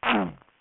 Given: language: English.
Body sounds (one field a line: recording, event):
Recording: throat vibration sensor signal played as sound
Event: throat clearing